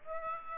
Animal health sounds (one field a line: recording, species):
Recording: mosquito wingbeat signal from an infrared sensor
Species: Aedes aegypti